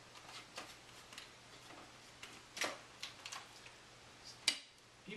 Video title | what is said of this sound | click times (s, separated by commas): Dyson DC59 Animal Review | after it's clicked into place it still still | 4.5 s